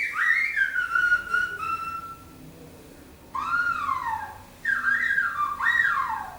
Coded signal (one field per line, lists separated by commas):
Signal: whistled language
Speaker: aquí le voy a colocar un ejemplo de lo que es el lenguaje celular, Otraito. Bueno, como verán, eh ellos tienen su su propio sistema, ¿no?, de habla, de comunicación. Eh, como verán, también ellos utilizan diferentes técnicas para este lenguaje, ¿no? Entonces, ellos para llamar, para hablar,